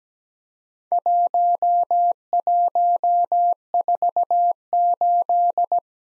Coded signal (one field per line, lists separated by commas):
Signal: Morse code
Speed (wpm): 17 wpm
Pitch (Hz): 700 Hz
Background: none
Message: 1148